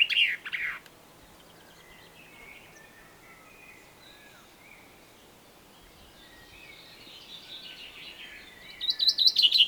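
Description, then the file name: Common chaffinch song: a loud burst of bright, fast notes at the start, faint high chirps through the middle, then a rapid, rattling series of repeated notes at the end. "Fringilla coelebs"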